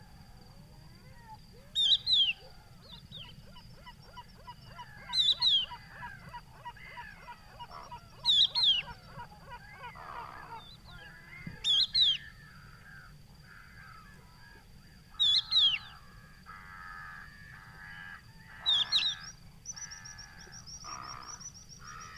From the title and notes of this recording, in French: Etang du Vaccares - Camargue. Nagra seven - Telinga pro7. Une bonne heure après le lever du jour, un oiseau cri invisible camouflé dans la sansouire de Camargue. Il est facile à reconnaitre par son appel sifflet et plaintif. Il s'agit d'un adulte de Cochevis huppé (Galerida cristata) qui appel ses congénères.